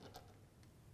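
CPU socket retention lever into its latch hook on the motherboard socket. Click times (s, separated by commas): 0.2 s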